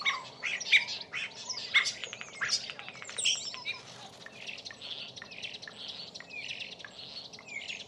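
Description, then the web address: Bird chatter: dense, overlapping high chirps and squeaks, busiest in the first half and then thinning to softer twittering, over a constant low hum. "Deverinetal 2025. Bird Only"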